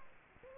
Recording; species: mosquito wingbeat signal from an infrared sensor; Aedes aegypti